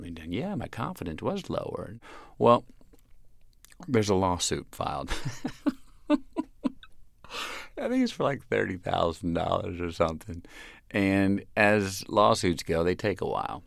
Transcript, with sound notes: Yeah, my confidence was lower. Well, there's a lawsuit filed.
(LAUGHTER)
I think it was for like $30,000 or something. And as lawsuits go, they take a while.